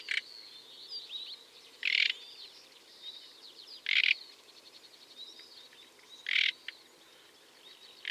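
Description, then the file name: Common nightingale song with soft whistled trills broken by loud harsh bursts roughly every two seconds, over a quiet steady background. "Luscinia megarhynchos"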